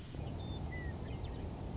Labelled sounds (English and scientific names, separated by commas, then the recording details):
Western Meadowlark (Sturnella neglecta)
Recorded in Sonoma County, California